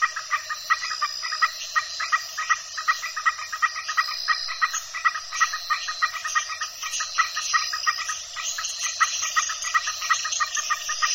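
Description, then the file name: Frog chorus of rapid, repeated pulsed croaks, with a steady insect buzz and high whistled tones over it. Frogs with insects, recorded at dusk at El Cuyo, Mexico. "El Cuyo MX Frogs And Insects At Dusk"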